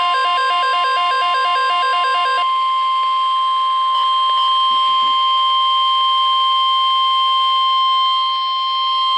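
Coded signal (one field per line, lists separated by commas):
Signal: Emergency Alert System (SAME) tones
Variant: 1050 Hz attention tone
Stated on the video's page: Winter Storm Watch recorded on an iPhone with poor audio quality.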